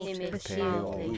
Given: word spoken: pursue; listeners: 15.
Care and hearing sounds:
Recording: one English word in noise, from a listening test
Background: four-talker babble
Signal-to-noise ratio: -2.5 dB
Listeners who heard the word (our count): 0 of 15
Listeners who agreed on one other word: 11 of 15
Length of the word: 0.78 s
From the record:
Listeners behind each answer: 11, 1, 1, 1, 1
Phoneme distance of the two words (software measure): 47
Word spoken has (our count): 2 syllables, 5 phonemes, stress on syllable 2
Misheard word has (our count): 2 syllables, 4 phonemes, stress on syllable 1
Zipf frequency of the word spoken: 3.96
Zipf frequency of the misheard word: 4.64

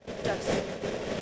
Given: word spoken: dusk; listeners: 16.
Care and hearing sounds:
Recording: one English word in noise, from a listening test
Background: noise modulated by three-talker babble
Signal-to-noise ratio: -7.5 dB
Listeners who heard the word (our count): 5 of 16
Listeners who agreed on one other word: 10 of 16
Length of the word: 0.81 s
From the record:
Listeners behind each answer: 10, 5, 1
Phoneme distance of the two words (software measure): 10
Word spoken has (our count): 1 syllable, 4 phonemes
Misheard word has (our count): 1 syllable, 4 phonemes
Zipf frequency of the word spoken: 3.40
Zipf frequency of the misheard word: 4.39

